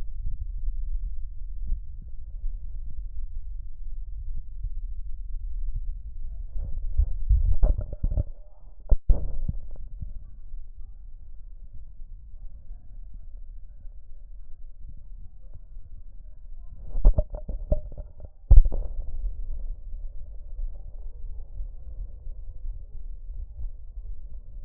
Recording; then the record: lung sounds by stethoscope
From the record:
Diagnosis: emphysema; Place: left posterior upper chest